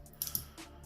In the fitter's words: and there we go now i'm just gonna wait for the click and we're in